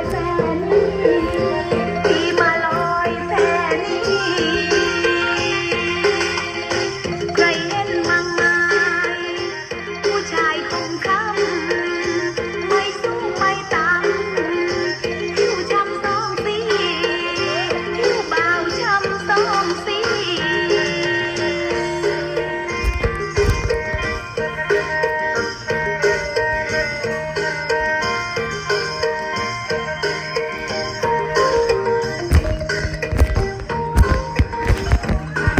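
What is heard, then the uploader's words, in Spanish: Music plays steadily throughout for a group of women dancing, with a repeating low bass pattern and bright melodic lines on top. The level stays even, and from about 23 seconds sharp percussive hits and bursts grow denser toward the end. Caminando por Suratthani, una ciudad del sur a orillas del Golfo de Tailandia, encontramos un enorme parque público junto al agua. Muchas familias se reúnen para compartir y comer juntos, echarse a descansar bajo un templete o hacer ejercicio. Entre la vida que se escucha encontramos a un grupo de mujeres bailando.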